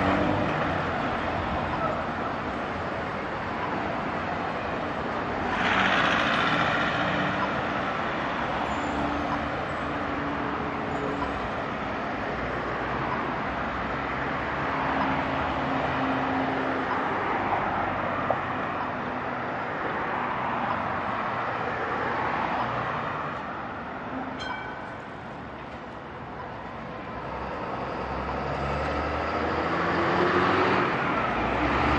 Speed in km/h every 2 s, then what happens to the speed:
0, 0, 0, 0, 0, 0, 0, 0, 0, 0, 0, 0, 0, 0, 0, 0.
0-32 standing.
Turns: none.